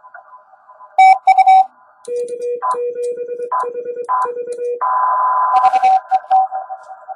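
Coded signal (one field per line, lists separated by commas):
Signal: Morse code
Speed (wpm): 21 wpm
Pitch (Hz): 480 Hz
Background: none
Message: K7HV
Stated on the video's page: 10 m CW contact with a DX station on Austral Island, 5 W QRP from an Index Labs QRP+, 3-element quad at 38 ft, Bencher paddle; strong signals, QSB.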